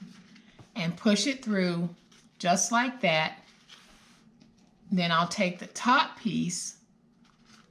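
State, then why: Seated. Someone talks while pushing the post of a metal snap fastener through a plastic cutting-board message board, then presses the top piece onto it. A short double snap at 7.3 and 7.3 seconds marks the metal snap cap seating onto the stud.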